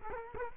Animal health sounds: mosquito wingbeat signal from an infrared sensor; Culex quinquefasciatus

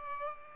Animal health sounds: mosquito wingbeat signal from an infrared sensor; Culex pipiens

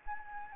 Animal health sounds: mosquito wingbeat signal from an infrared sensor; Anopheles arabiensis

